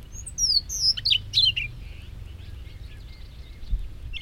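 Siberian rubythroat giving one fast phrase of high, descending whistled and buzzy notes, trailing into softer scattered chirps against low background rumble.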